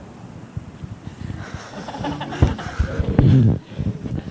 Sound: laughter

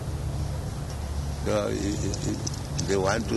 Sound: men talking in background

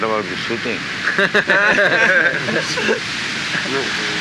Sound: laughter

